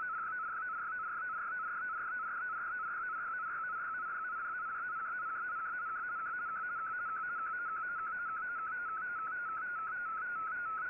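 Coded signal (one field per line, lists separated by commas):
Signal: multi-tone FSK (Olivia or MFSK type)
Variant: MFSK32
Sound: steady warbling tone rapidly hopping between nearby pitches, over band-limited hiss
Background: radio static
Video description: Here is my decode of the Shortwave Radiogram broadcast today on 15770Khz shortwave radio at 1300UTC in MFSK32 and 64 with 11 SSTV images.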